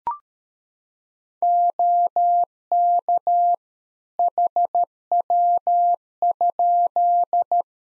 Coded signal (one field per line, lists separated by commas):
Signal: Morse code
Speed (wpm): 13 wpm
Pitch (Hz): 700 Hz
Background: none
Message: OK HW?